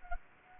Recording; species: mosquito wingbeat signal from an infrared sensor; Anopheles gambiae